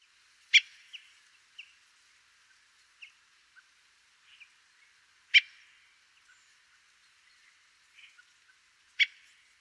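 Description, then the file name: Common blackbird calling with sharp, clicking chinks spaced several seconds apart, three loud notes overall, between softer scattered chirps and ticks. "Turdus merula"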